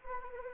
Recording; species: mosquito wingbeat signal from an infrared sensor; Anopheles arabiensis